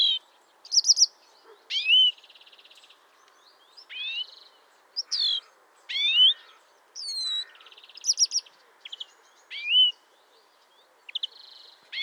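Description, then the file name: European greenfinch calls: nasal buzzy trills alternating with sharp upswept notes and short twittering rattles in a steady sequence. "Chloris chloris"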